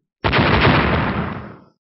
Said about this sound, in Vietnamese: Một tiếng nổ đùng kịch liệt vang lên, hai đạo hào quang cùng lúc chấn động, nổ lên tạo thành một làn sóng linh khí to lớn hơn cả, cuộn trào ra bốn phương tám hướng.